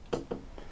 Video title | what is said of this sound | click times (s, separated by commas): Building a $539 New Gamer PC with Gavin!! | and just give it a good push you know you'll hear a snap in place see | 0.1 s